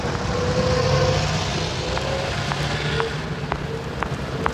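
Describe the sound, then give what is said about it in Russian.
A bus rumbles as it brakes to a halt at a stop without a shelter on Derbenevskaya Street, its steady low engine drone joined by a faint tonal whine and a few sharp clicks and squeaks. No one speaks. “Тормозит на остановке без будки.”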